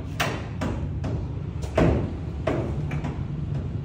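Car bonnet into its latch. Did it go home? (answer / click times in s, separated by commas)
no / none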